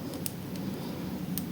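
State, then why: Seated. Under light tension, a pick lifts the binding pin of a pin stack in a pin-tumbler lock cylinder until it sets at the shear line. Two short, sharp little clicks sound at 0.3 s and 1.4 s over a steady low hum, with a fainter tick near 0.1 s. The pin sets with a click.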